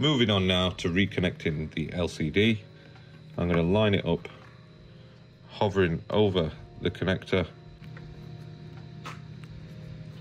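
The LCD display flex cable connector of a 10th-generation iPad 10.9" is lined up and held over its logic board socket while someone talks. Faint handling ticks are heard near 7.8, 8.0 and 9.4 seconds, but nothing has seated or clicked yet.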